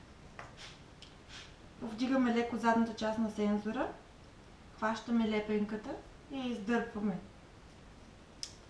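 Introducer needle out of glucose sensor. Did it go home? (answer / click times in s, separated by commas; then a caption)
released / 0.4 s. The introducer needle is pulled upward out of a just-placed Enlite glucose sensor and releases with a faint click at 0.4 s. Someone then talks, and a few small sharp ticks are heard near the end.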